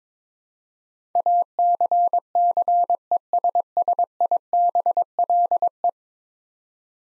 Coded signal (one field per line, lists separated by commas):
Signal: Morse code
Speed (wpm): 21 wpm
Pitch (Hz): 700 Hz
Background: none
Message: ACCESSIBLE